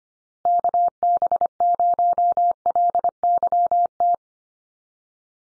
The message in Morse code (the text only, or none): KB0LYT